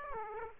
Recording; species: mosquito wingbeat signal from an infrared sensor; Aedes aegypti